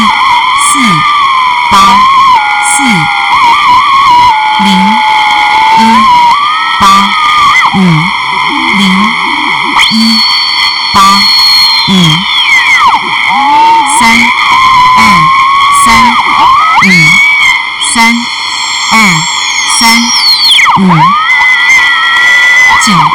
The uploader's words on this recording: Shortwave radio by ERH.